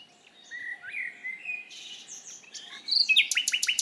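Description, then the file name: Common nightingale song: quiet sliding whistles and warbles, ending in a loud fast repeated chirping trill. "Luscinia megarhynchos"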